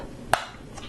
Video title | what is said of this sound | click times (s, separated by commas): Let's Build - Lego Star Wars The Ghost Set #75053 - Part 1 | click in place | 0.3 s